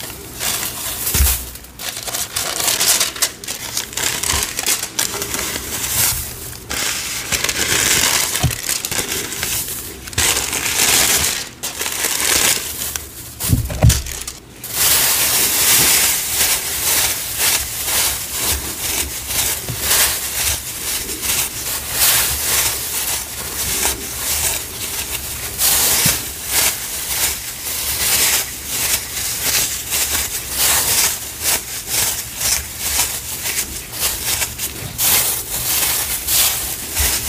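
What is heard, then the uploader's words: Green cornstarch and gym chalk are sifted and mixed in dense, steady crinkly scratching, with soft thumps and a brief pause near fourteen seconds. Sifting, Mixing, Reforming Green Cornstarch & Gym Chalk Powders.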